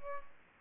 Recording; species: mosquito wingbeat signal from an infrared sensor; Aedes albopictus